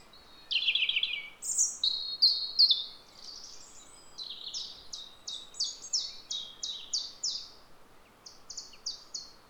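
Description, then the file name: European robin song, a trilled phrase followed by a long series of short high notes over faint background hiss. "Erithacus rubecula"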